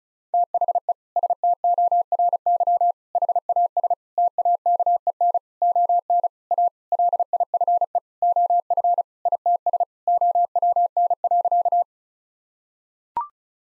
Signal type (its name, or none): Morse code